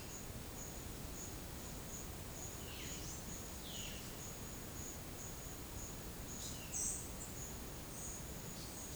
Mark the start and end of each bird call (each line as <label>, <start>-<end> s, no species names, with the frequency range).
bird call (1.4-5.0 kHz), 2.73-4.03 s
bird call (5.3-9.0 kHz), 6.66-7.16 s